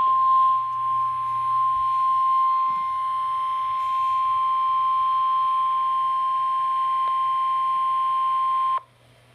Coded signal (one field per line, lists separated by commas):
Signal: Emergency Alert System (SAME) tones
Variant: 1050 Hz attention tone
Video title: EAS #31 - Severe Thunderstorm Watch